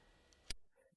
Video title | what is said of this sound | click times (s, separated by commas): BBT Live - Mid Week Recap, new gear, CES o'my | and down and she goes all right clicked in | 0.5 s